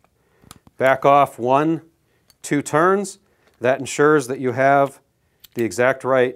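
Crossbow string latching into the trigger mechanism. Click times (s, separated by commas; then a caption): 0.5 s. A TenPoint Vengent S440 crossbow string is drawn back with the cranking cocking system until it latches into the trigger box, giving a short, sharp click at 0.5 s, with faint ticks around it. Then someone talks through the rest of the clip. The crossbow is cocked and the string is seated in the trigger mechanism.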